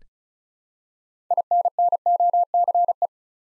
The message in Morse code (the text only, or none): INNOCE